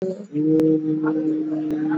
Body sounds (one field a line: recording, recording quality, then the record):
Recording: sustained vowel as in boot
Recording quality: moderate, slight background noise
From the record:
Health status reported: exposed to COVID-19, no respiratory illness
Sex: male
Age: 37 years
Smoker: no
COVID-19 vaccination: both doses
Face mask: worn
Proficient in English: yes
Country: India